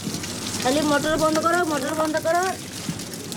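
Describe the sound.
Steady hiss of running tap water splashing, with a person's voice speaking over it for a couple of seconds before the water continues alone.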